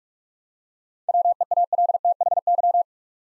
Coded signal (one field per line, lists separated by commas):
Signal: Morse code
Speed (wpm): 44 wpm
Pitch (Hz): 700 Hz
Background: none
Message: WEALTHY